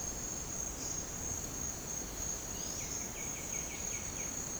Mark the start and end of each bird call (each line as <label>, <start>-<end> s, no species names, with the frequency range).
bird call (1.9-5.1 kHz), 2.55-4.42 s